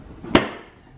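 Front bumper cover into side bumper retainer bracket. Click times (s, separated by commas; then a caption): 0.4 s. Someone presses on the plastic front bumper cover of a 2009-2020 Dodge Journey until it snaps into the side bumper retainer bracket (holder). A single sharp, bright snap at 0.4 s rises out of a quiet background and fades over about a quarter second. The bumper cover locks into the holder and is seated.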